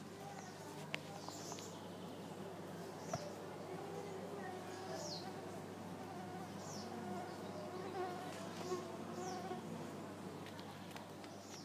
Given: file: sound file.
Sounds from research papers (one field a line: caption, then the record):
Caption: Acoustic recording from wild female Culex pipiens mosquito in a bathroom in Redwood City, CA, USA. Recording was done by a volunteer using a 2014-model Samsung Galaxy A3.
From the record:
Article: Using mobile phones as acoustic sensors for high-throughput mosquito surveillance